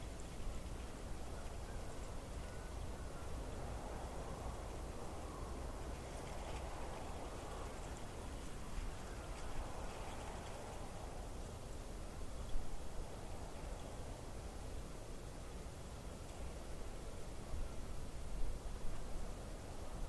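Wind in a small Midwest town blows as a steady, dense rush across the whole 20 seconds, heaviest in the low rumble. Swells in the midrange rise and fall around 4–11 seconds, and a few brief louder gusts or knocks pop up near 12 and 18 seconds.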